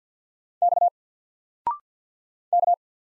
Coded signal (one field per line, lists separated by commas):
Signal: Morse code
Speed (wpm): 50 wpm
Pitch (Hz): 700 Hz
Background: none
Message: X K